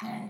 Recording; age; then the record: pig call; piglet (1 to 25 days)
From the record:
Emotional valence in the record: negative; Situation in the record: short isolation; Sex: male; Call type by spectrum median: low-frequency call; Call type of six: low-frequency stable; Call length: 0.30 s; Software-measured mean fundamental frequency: 71 Hz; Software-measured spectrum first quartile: 216 Hz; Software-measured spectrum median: 484 Hz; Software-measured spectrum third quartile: 1132 Hz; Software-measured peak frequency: 212 Hz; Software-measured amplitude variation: 125 dB a second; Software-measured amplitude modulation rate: 21.8 a second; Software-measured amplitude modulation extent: 5.7 dB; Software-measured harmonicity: 5.0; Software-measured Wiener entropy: -1.16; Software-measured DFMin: 916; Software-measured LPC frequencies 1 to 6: 832, 2129, 4132, 6022, 7357, 8443 Hz